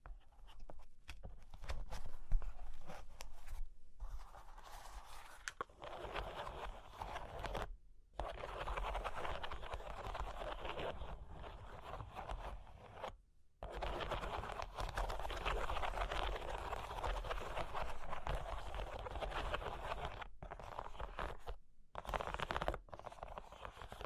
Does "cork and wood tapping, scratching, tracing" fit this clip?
yes